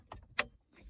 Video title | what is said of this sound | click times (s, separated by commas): WV golf 7 composition color to Apple carplay radio. | you hear a click and that's done so | 0.4 s